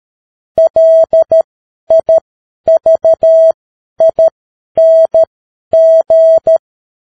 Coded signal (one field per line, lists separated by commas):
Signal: Morse code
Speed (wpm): 13 wpm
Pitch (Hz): 650 Hz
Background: none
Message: LIVING